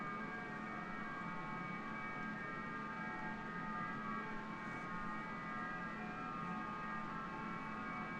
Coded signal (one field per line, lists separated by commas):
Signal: FT8